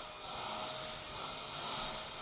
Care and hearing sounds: daily activity, microphone in the room; vacuum cleaning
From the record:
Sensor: 5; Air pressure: 1009.7 hPa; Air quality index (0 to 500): 167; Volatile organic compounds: 4 ppm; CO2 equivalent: 1619 ppm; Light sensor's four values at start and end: 108/285/117/125 and 108/285/117/125

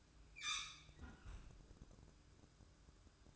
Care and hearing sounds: daily activity, microphone in the room; close fridge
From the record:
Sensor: 2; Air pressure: 1007.6 hPa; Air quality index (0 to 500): 50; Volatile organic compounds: 1 ppm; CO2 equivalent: 566 ppm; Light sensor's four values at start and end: 10/24/10/10 and 10/24/10/10

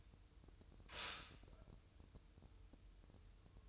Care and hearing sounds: daily activity, microphone in the room; stop toaster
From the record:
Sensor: 2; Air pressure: 988.5 hPa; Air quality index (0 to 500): 192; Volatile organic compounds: 186 ppm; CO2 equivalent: 4166 ppm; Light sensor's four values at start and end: 20/68/26/25 and 20/68/26/25

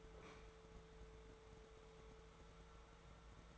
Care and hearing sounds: daily activity, microphone in the room; open fridge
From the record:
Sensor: 3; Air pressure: 1014.8 hPa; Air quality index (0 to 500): 197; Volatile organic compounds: 26 ppm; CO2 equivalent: 2875 ppm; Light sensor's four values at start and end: 15/38/15/16 and 21/53/22/23

